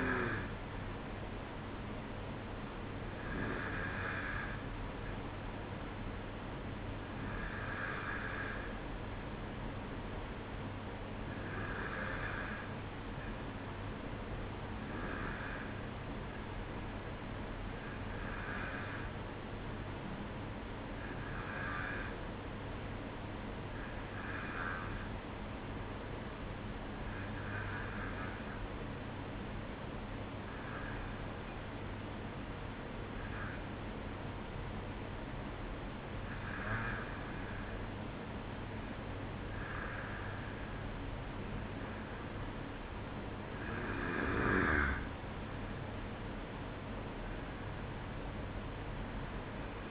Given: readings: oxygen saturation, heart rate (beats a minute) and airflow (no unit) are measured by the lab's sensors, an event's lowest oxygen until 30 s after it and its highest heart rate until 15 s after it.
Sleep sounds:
breathing in sleep by a voice recorder at the bedside; 1
7.00-37.00 s: new sleep stage, N2 (light sleep)
26.00-38.70 s: obstructive apnea (N2, oxygen 94% highest, then 92% lowest, heart rate 55 at the start, 58 highest)
37.00-49.91 s: new sleep stage, N1 (lightest sleep)
From the record:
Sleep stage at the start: N1 (lightest sleep); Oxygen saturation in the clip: 92 to 94%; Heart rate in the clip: 54 to 58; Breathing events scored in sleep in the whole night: 305 in 9.6 hours asleep

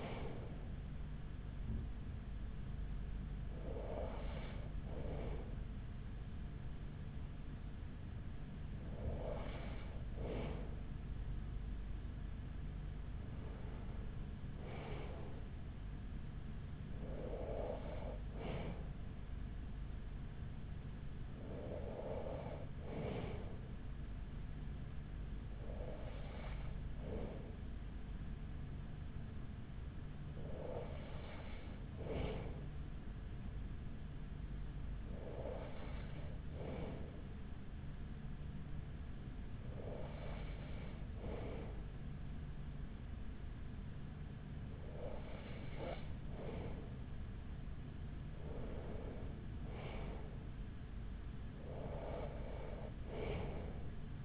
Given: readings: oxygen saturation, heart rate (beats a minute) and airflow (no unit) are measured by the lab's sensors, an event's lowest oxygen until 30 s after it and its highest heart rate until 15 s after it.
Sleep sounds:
breathing in sleep by a smartphone at the bedside; 2
4.00-16.70 s: hypopnea (N1, oxygen 95% highest, then 95% lowest, heart rate 52 at the start, 52 highest)
27.00-54.25 s: new sleep stage, N2 (light sleep)
32.00-48.70 s: hypopnea (N2, oxygen 95% highest, then 95% lowest, heart rate 45 at the start, 48 highest)
From the record:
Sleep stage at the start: N1 (lightest sleep); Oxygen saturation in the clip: 95%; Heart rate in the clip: 43 to 58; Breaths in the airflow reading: 13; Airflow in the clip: -6.2 to 5.7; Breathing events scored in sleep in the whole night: 207 in 7.6 hours asleep

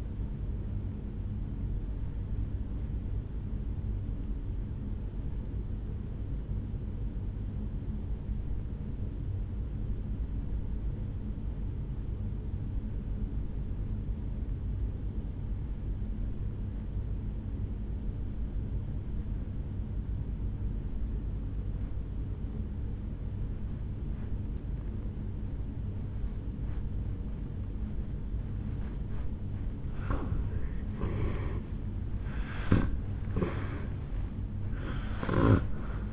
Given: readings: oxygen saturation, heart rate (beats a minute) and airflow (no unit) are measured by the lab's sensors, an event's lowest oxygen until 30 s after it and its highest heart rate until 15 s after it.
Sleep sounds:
breathing in sleep by a smartphone at the bedside; 1
4.00-30.20 s: obstructive apnea (N2, oxygen 96% highest, then 83% lowest, heart rate 55 at the start, 75 highest)
29.00-36.13 s: new sleep stage, N1 (lightest sleep)
From the record:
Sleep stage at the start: N2 (light sleep); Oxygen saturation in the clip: 83 to 96%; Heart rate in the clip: 53 to 74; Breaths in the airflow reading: 3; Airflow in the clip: -11.7 to 10.3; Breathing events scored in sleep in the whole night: 449 in 7.0 hours asleep

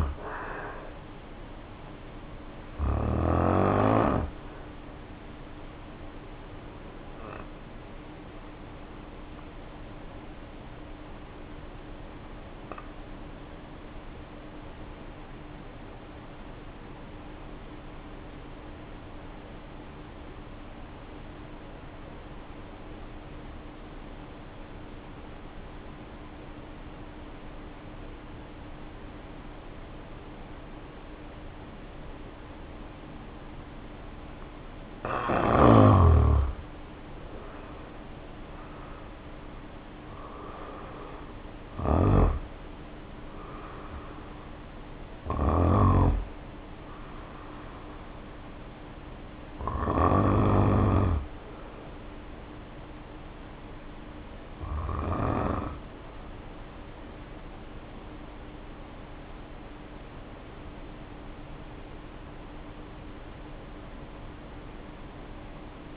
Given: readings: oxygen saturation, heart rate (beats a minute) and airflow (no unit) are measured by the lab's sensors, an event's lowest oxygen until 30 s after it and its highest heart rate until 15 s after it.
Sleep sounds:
breathing in sleep by a voice recorder at the bedside; 1
5.00-35.00 s: new sleep stage, N1 (lightest sleep)
7.00-36.60 s: hypopnea (N1, oxygen 94% highest, then 75% lowest, heart rate 55 at the start, 69 highest)
35.00-65.97 s: new sleep stage, N2 (light sleep)
From the record:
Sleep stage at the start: N2 (light sleep); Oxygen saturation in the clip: 75 to 94%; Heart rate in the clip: 49 to 69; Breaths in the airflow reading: 18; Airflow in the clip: -1.7 to 3.5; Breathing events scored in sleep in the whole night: 520 in 7.2 hours asleep

